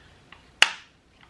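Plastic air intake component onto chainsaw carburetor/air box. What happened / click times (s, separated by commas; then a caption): The plastic part snapped into place / 0.6 s. A plastic air intake part is snapped back onto the carburetor/air box of a Stihl 200T chainsaw, done a second time so the snap can be heard. After a faint tick at 0.3 s, one sharp, bright snap lands at 0.6 s and rings briefly, followed by another faint tick at 1.2 s. The part seats with that click at 0.6 s.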